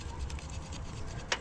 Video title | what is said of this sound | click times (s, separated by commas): HOW TO - Swap hellcat injectors into a 5.7L - 6.4L Hemi - Charger, Challenger, 300 | heard that click and then just like that | 1.3 s